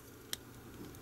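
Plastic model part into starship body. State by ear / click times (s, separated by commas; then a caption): seated / 0.3 s. A plastic part of a starship model is pressed onto the model's body and snaps into place with a single sharp click at 0.3 s, followed by a faint tick near 0.9 s. The part is seated and clipped on firmly enough that taking it apart again will be a problem.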